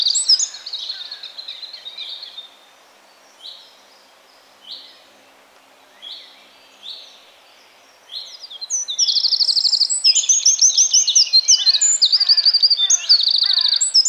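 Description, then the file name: Eurasian wren song, high and hurried, starting mid-phrase, then several spaced single chirps before a long, rapid burst of ringing trills and twittering notes. "Troglodytes troglodytes"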